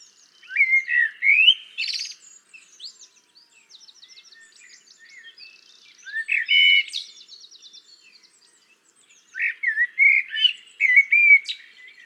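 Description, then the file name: Common blackbird giving three separate song phrases, fluty whistles with scratchy high-pitched twittering, with pauses of a few seconds between. "Turdus merula"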